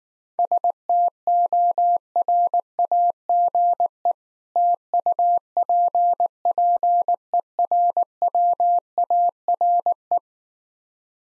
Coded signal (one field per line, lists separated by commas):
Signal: Morse code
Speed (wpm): 19 wpm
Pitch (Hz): 700 Hz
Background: none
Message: STORAGE TUPPERWARE